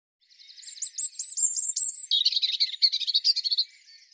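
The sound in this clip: European robin song opening with a series of clear, high repeated notes, then breaking into a fast, scratchy, tumbling twitter.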